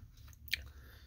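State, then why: Seated. After a jam, the back of a hobby blaster's partly open slide is tapped so the slide closes into the blaster frame. A faint tick at 0.3 s is followed by a sharp, bright click at 0.5 s as the slide seats, confirming the fix worked.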